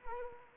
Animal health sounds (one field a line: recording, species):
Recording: mosquito wingbeat signal from an infrared sensor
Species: Anopheles arabiensis